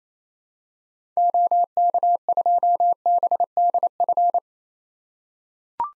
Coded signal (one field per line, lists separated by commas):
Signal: Morse code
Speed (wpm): 28 wpm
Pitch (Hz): 700 Hz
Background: none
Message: OK2BDF